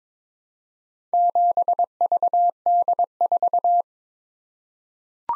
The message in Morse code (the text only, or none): 7VD4